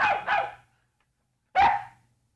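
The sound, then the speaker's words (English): Two huge black twin dogs bark three times: two quick, sharp barks in a row, a short pause, then a single loud bark, with no talking over them. “I saw Claire walking her two huge twin black dogs.”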